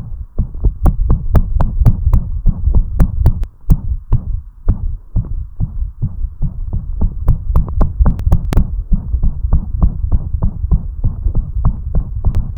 Bursts of tachycardia plus murmur.